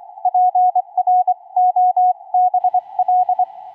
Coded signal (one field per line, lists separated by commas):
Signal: Morse code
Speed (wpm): 25 wpm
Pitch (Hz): 730 Hz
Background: none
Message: PROBL